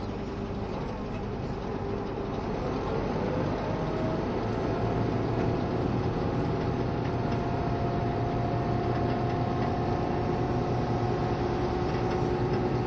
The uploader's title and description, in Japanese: キハ72系 ゆふいんの森06号01 由布院～うきは。走行音